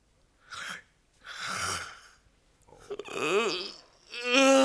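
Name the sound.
yawning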